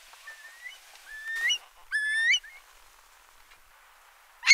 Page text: Eurasian Curlew Calls. Quick Sounds